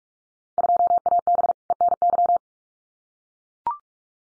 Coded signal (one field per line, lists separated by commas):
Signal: Morse code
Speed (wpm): 44 wpm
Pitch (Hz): 700 Hz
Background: none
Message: 2AB ENY